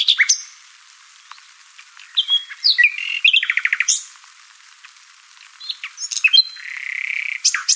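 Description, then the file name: Common nightingale song mixing chirps, buzzy rattles and a fast trill, with a long drawn-out whistle near the end. "Luscinia megarhynchos"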